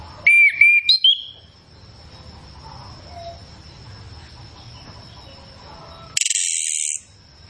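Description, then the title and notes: Chestnut-capped thrush song: a quick run of clear whistles, then several seconds of near quiet, then a harsh, very high buzzing rattle lasting about a second. Song filled with varied phrases (isian), used as a lure to prompt a kept thrush to sing loudly and freely (ngeplong). "Masteran Anis Kembang Full Isian Untuk Suara Pancingan Anis Kembang Agar Cepat Ngeplong. Suara Burung Anis Kembang"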